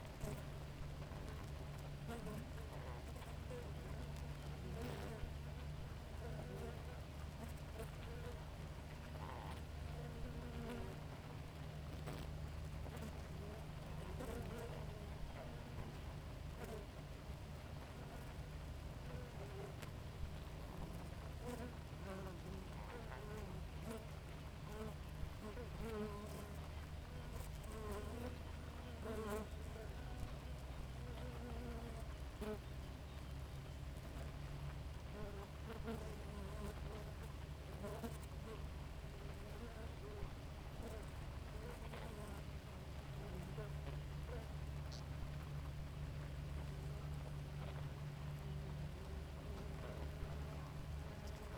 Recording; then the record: honeybee colony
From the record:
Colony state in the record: active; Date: 28 July 2017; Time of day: 4:28